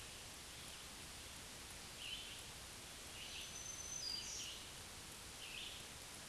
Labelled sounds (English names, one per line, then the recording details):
Black-throated Green Warbler song
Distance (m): 20 m
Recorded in a Pennsylvania forest on 1 June 2023 at 06:03
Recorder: AudioMoth, point grid3_31_low
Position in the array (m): 120 m, 112 m